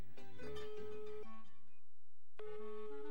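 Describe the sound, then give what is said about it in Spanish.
A telephone rings with a melodic ringtone, a bright tune of quick tones that stops briefly and then starts again, with no voices. “¡Contesta el teléfono!”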